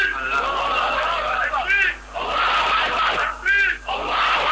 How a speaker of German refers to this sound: Die Videoclips zeigen, wie herzlich sie die neuen Muslime in ihre Arme schließen und wie Glaubensbrüder die Konvertiten mit Jubel und religiöser Leidenschaft begrüßen.